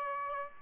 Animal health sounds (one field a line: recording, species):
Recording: mosquito wingbeat signal from an infrared sensor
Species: Aedes aegypti